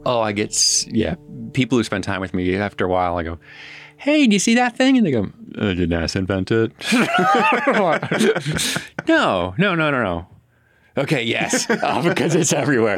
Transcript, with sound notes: Oh, I get, yeah, people who spend time with me, after a while, I go, “Hey, do you see that thing? And they go, “Did NASA invent it?” [Laughs] No, no, no, no. OK, yes. [Laughs] Because it’s everywhere.